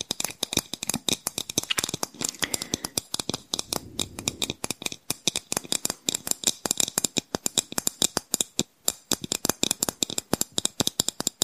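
Tapping and scratching on Christmas decorations, a dense run of sharp, bright clicks that never lets up. The taps come fast and irregular, sometimes in quick clusters, with a softer scratchy rustle underneath around the two- to four-second mark before the crisp tapping dominates again.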